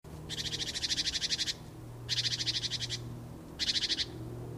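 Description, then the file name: Great tit giving a harsh churring call: three rapid buzzy rattles separated by short pauses, over a faint low hum. "Parus major"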